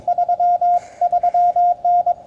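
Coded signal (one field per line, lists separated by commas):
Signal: Morse code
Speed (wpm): 22 wpm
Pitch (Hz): 660 Hz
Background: radio noise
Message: 33N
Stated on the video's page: CW Parks on the Air activation on 20 m from a portable station, using a G90 into an end-fed random wire with a home-brew 9:1 transformer.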